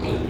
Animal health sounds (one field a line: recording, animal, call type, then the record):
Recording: contact call of a hoofed animal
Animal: pig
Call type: closed-mouth grunt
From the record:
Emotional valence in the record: positive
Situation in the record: food and toys in familiar pen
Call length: 0.30 s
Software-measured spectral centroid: 1600 Hz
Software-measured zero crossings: 1060 a second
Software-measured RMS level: -24 dBFS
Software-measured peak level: -13 dBFS